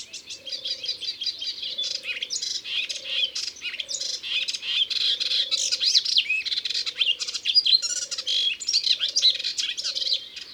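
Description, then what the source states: Melodious warbler delivering a continuous babbling song of quick chirps and swooping whistles, while a low droning tone pulses roughly once a second in the background. Recorded in Ardèche.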